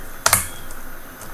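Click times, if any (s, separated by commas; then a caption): 0.3 s. A replacement laptop keyboard is pressed down into the laptop top case until it sits flush, and its plastic retaining clips snap back into place. Two sharp clicks are heard at 0.3 s and 0.3 s, with faint low background noise and no talk. The keyboard is seated.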